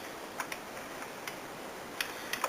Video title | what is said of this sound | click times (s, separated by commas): JG military AUG review | and then you snap it in the sides. There you go. Snaps right in. | 2.3 s, 2.4 s